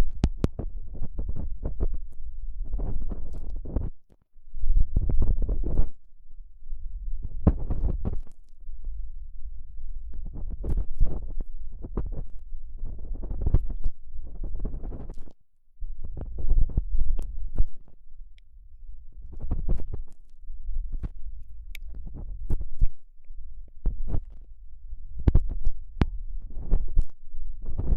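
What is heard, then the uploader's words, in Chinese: Ear cleaning with various sticks: a steady low rumble runs underneath while scratchy, rustling strokes come in irregular bursts every second or two. Brief quiet gaps fall near 4 and 15 seconds, and a few sharp clicks stand out late on. 用各种棒棒清理你的耳朵。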